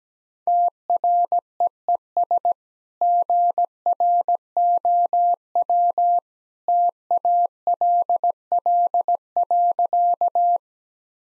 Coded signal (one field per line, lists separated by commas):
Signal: Morse code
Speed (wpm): 17 wpm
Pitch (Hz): 700 Hz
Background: none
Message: TREES GROW TALL.